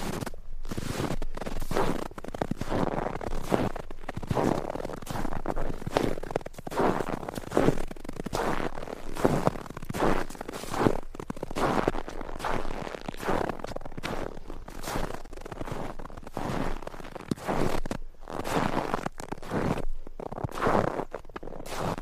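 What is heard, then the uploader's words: Footsteps crunch through snow at a steady walking pace, each step a short, dense burst of gritty crackle roughly every half second to second. The crunches sound full, spanning low thuds to bright crisp edges, with brief quiet gaps between strides. Walking on Snow: ASMR Sound. Snow crunches softly beneath your tired feet.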